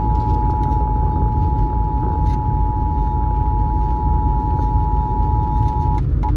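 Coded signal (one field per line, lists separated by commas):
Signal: Emergency Alert System (SAME) tones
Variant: 853 and 960 Hz attention tone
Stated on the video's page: NWS Portland severe thunderstorm warning from KIG98 weather radio, relayed over FM by a 91.5 MHz station.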